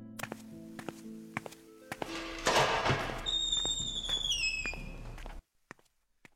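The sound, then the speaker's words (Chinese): Steady footsteps tap along in an even rhythm for a couple of seconds as someone walks away, then a loud rushing hiss with high, falling whistling tones takes over before cutting off abruptly into near silence. “待杨如钦的脚步声远去，一切又恢复沉静。”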